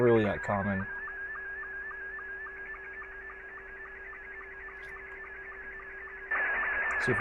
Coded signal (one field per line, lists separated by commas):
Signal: SSTV (slow-scan television)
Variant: Scottie 2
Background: speech